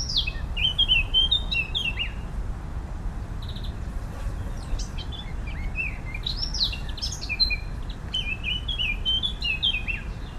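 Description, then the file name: Eurasian blackcap singing two quick warbling phrases of varied chirps and fluty notes, one at the start and one through the second half, over steady low background noise. "Sylvia atricapilla"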